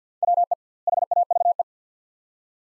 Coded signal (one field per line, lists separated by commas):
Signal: Morse code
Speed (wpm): 50 wpm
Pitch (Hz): 700 Hz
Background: none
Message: WE HAVE